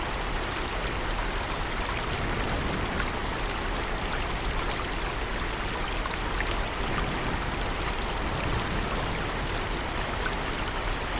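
Steady rain and rushing water form a dense, unbroken wash, with faint scattered drop ticks over a low, constant river rumble throughout.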